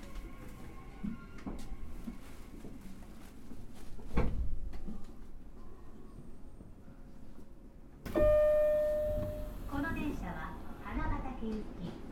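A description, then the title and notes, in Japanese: A Nishitetsu 9000 series express train runs with a steady low rumble and faint whining tones, with a single knock at about four seconds. At eight seconds the sound jumps louder with a sharp tone, and a voice speaks over the rumble toward the end. 西日本鉄道 9000系電車の走行音です。天神大牟田線の急行電車で録音しました。薬院から二日市まで（前編 春日原まで）。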